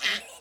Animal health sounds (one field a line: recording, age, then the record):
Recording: pig call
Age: piglet (1 to 25 days)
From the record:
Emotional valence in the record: negative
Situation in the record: restrain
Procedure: sham castration, fixation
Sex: male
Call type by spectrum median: high-frequency call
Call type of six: mixed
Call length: 0.40 s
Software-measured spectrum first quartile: 1949 Hz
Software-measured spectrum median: 2765 Hz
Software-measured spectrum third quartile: 3698 Hz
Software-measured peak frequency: 1970 Hz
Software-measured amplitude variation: 96 dB a second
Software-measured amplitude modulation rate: 11.2 a second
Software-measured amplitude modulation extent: 8.6 dB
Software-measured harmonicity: -0.9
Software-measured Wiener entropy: -1.21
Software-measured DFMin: 845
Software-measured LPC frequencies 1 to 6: 1942, 3091, 3793, 4725, 6153, 7545 Hz